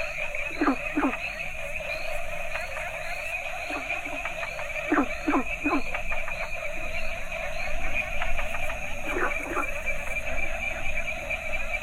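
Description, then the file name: Frog chorus with paired croaks recurring every few seconds, layered over a continuous high whine and a lower drone. Mixed chorus of several frog species from Asia. "asian frogs variety"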